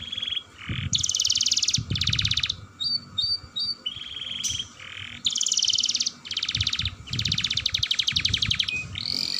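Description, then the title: Canary singing long, rapid rolling trills broken by short whistled notes, phrases running almost without pause; low thumping noises below. Singing described as long rolling trills, locally called 'dor roll panjang'. "Kenari Gacor Dor Roll Panjang"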